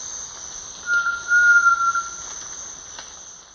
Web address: Natures Songs S America Eastern Lowlands Grallaria dignissima, song